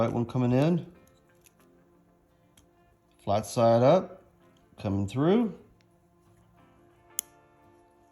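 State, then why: Seated. Someone talks while a crimped white wire terminal is pushed flat side up through a plastic connector housing, part of a harness adapting a Baja LP6 Pro light to an Indian Sport Chief. A single sharp click at 7.2 s marks the terminal locking into the connector.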